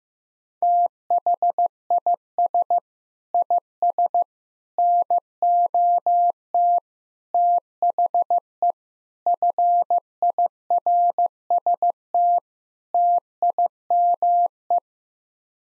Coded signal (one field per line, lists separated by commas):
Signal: Morse code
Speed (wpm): 15 wpm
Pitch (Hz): 700 Hz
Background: none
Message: THIS IS NOT THE FIRST TIME